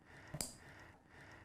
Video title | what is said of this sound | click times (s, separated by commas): How To Use RESPeRATE | make sure you take the male part and click it into the female part you'll hear it go snap | 0.4 s